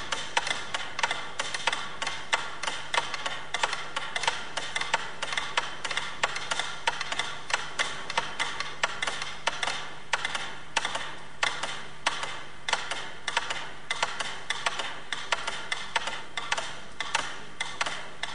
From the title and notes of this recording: Unleash the metronomes.